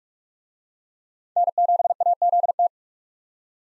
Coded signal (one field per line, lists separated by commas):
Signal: Morse code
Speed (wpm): 43 wpm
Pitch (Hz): 700 Hz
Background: none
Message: N7AZT